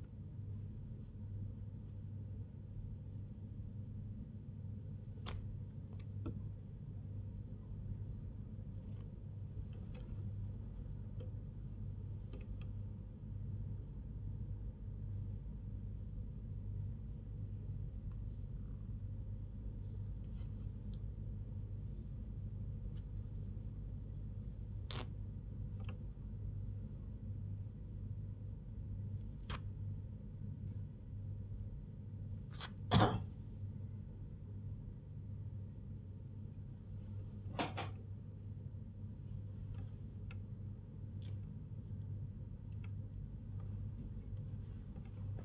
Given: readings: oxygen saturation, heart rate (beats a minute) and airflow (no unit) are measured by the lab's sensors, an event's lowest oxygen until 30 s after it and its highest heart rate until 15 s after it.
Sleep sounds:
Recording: a person awake in a sleep study, by a smartphone at the bedside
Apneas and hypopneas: none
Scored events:
none scored
From the record:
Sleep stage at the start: awake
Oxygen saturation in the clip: 96 to 98%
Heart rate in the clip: 87 to 101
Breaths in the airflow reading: 13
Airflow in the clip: -3.7 to 4.5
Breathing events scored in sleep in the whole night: 158 in 7.3 hours asleep

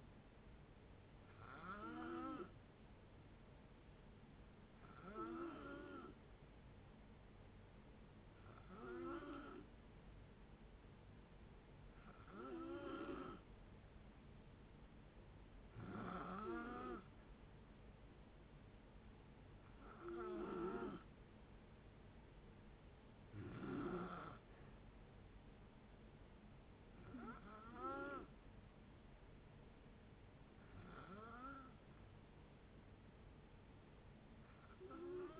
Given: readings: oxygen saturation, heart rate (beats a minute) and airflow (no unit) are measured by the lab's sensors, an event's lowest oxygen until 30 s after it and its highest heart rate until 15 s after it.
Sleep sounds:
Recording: breathing in sleep by a voice recorder at the bedside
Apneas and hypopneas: none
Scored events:
none scored
From the record:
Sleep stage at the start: N2 (light sleep)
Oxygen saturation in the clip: 89 to 92%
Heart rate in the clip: 58 to 69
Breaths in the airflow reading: 9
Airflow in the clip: -7.5 to 6.4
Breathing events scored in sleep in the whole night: 496 in 5.4 hours asleep

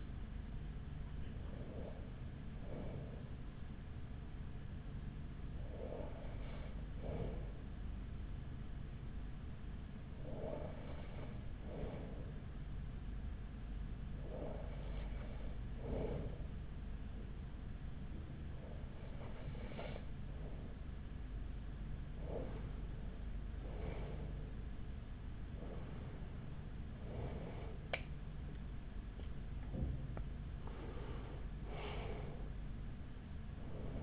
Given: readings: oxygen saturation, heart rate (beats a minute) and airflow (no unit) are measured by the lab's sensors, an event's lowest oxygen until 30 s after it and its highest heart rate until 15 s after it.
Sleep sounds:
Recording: breathing in sleep by a smartphone at the bedside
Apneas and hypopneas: 1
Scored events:
5.00-23.20 s: hypopnea (N1, oxygen 95% highest, then 95% lowest, heart rate 46 at the start, 58 highest)
From the record:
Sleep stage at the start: N1 (lightest sleep)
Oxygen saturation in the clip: 95 to 96%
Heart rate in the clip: 44 to 53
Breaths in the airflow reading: 8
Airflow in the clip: -7.1 to 6.6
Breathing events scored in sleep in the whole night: 207 in 7.6 hours asleep

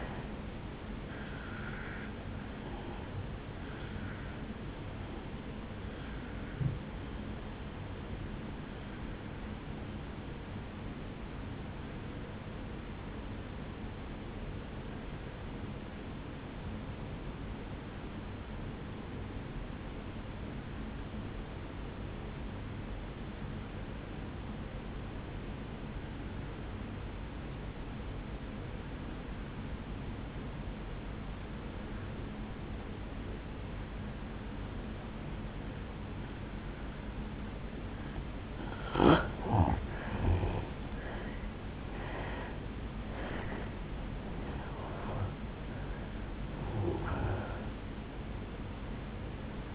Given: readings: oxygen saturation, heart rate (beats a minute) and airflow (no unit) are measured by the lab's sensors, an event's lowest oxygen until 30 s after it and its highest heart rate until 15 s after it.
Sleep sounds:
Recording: breathing in sleep by a voice recorder at the bedside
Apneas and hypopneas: 1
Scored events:
11.00-38.30 s: obstructive apnea (N2, oxygen 95% highest, then 83% lowest, heart rate 61 at the start, 76 highest)
42.00-49.75 s: new sleep stage, N1 (lightest sleep)
From the record:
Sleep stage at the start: N2 (light sleep)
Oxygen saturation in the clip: 84 to 95%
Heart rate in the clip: 57 to 76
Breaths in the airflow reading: 4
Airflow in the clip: -10.6 to 8.7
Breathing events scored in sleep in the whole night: 449 in 7.0 hours asleep

